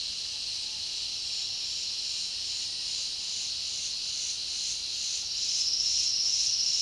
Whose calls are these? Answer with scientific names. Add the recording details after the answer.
none. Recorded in dense forest near Puerto Asís, Putumayo, Colombia, on 18 February 2024 at 10:00. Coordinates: 0.496, -76.326. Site G6383